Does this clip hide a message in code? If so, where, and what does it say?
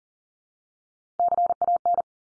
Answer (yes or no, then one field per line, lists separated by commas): yes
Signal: Morse code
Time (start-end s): 1.2-2.0 s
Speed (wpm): 40 wpm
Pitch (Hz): 700 Hz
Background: none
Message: CAN